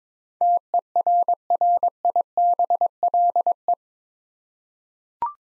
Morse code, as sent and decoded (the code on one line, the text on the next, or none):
- . .-. .-. .. -... .-.. .
TERRIBLE